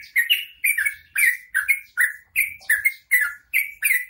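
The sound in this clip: Bird calling in loud, grating chirps, some doubled, in a rapid series.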